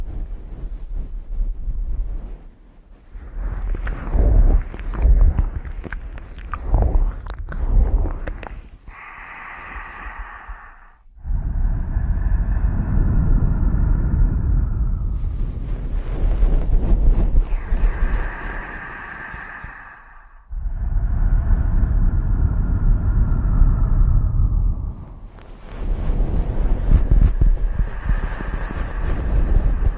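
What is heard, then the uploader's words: Ear eating sounds pressed right against the microphone: thick, muffled rumbling and wet, crackly smacks through the first ten seconds. Longer, denser passages follow with a thin high whine above them, broken by sudden near-silent gaps around 11 and 20 seconds. ASMR Ear Eating You.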